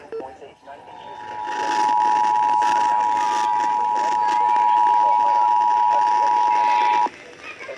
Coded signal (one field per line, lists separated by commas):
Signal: Emergency Alert System (SAME) tones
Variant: 853 and 960 Hz attention tone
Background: speech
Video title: EAS/NWR Alert or message #802-803: Child Abduction Emergency/AMBER Alert for Ohio #4